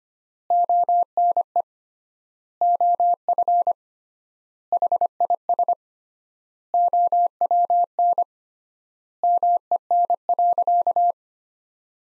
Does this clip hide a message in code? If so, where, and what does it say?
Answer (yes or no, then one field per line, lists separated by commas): yes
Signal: Morse code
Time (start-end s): 0.5-11.1 s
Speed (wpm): 25 wpm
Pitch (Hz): 700 Hz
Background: none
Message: ONE OF HIS OWN MEN.